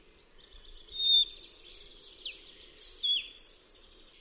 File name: MUCHOŁÓWKA BIAŁOSZYJA